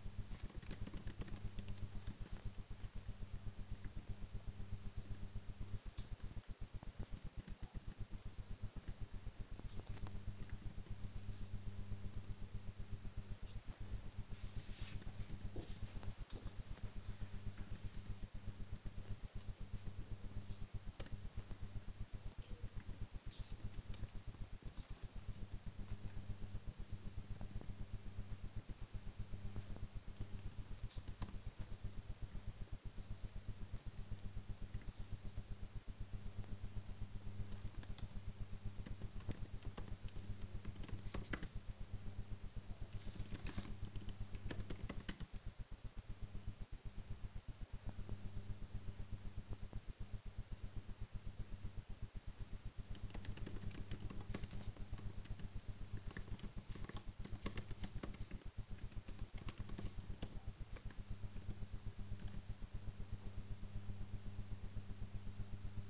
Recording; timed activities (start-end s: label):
household activities, microphone on the right wrist
0.00-25.23 s: working on the computer
28.26-65.90 s: working on the computer